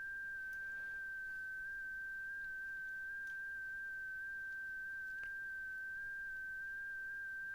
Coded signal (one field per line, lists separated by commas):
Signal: FT8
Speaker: give it one more cycle if not we'll just call it quits on him and then try to call somebody else